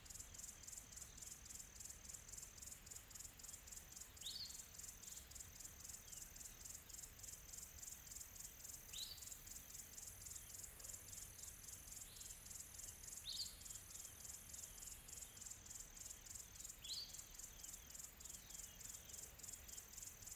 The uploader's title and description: Quiet Tropical Forest. The gentle rustling of leaves and the distant calls of exotic birds